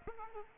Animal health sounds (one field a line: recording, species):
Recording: mosquito wingbeat signal from an infrared sensor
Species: Aedes aegypti